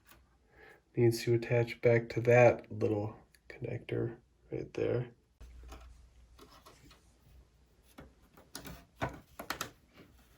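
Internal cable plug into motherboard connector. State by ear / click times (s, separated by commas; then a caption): not seated / none. A small internal cable plug is handled at its motherboard connector while a compact HP Pavilion Wave desktop PC is reassembled during an M.2 NVMe drive install. Someone talks over faint handling noises, and a few sharp ticks come near the end. Nothing has seated or clicked yet.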